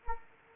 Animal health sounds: mosquito wingbeat signal from an infrared sensor; Anopheles arabiensis

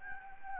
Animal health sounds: mosquito wingbeat signal from an infrared sensor; Anopheles gambiae

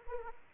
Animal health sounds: mosquito wingbeat signal from an infrared sensor; Anopheles arabiensis

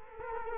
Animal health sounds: mosquito wingbeat signal from an infrared sensor; Culex quinquefasciatus

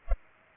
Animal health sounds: mosquito wingbeat signal from an infrared sensor; Culex pipiens

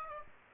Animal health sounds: mosquito wingbeat signal from an infrared sensor; Aedes aegypti

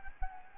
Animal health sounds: mosquito wingbeat signal from an infrared sensor; Anopheles gambiae

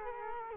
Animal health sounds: mosquito wingbeat signal from an infrared sensor; Culex quinquefasciatus

